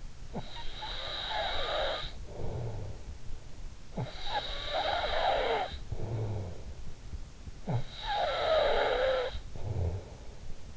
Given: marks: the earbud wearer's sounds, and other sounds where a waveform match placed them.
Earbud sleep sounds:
sounds in sleep by an in-ear microphone; snoring breath
0.00-3.40 s: snoring breath
3.51-10.77 s: snoring breath

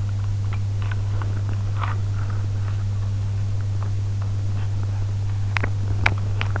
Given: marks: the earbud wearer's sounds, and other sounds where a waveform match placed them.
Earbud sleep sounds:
sounds in sleep by an in-ear microphone; teeth grinding
0.48-2.72 s: teeth grinding
5.50-6.60 s: teeth grinding

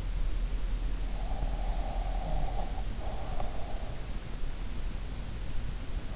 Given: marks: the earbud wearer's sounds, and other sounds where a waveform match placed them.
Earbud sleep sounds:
sounds in sleep by an in-ear microphone; breath
1.25-3.98 s: breath

